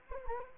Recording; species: mosquito wingbeat signal from an infrared sensor; Anopheles gambiae